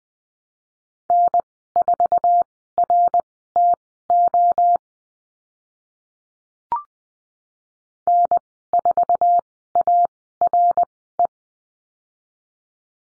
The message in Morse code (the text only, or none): N4RTO N4ARE